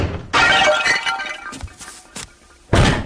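A loud crash as a nightstand topples in a hotel room, followed by a vase shattering and scattered clinking shards settling, then a second sharp smash near the end. No voices.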